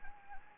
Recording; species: mosquito wingbeat signal from an infrared sensor; Anopheles gambiae